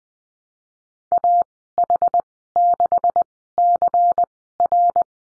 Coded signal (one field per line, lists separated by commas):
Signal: Morse code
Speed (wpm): 20 wpm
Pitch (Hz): 700 Hz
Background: none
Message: AH6CR